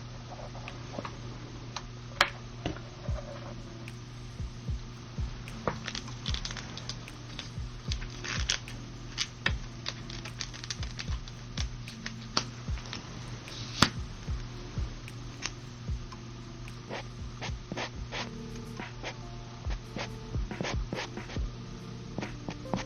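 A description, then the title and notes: Makeup sounds: soft brushing strokes and frequent light taps and clicks scattered throughout, over a steady low hum that never lets up. TimASMR-LoFi Doing your Makeup Sounds (Brushing, Tapping, Personal Attention, No Talking).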